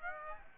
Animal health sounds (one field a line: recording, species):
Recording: mosquito wingbeat signal from an infrared sensor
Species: Aedes aegypti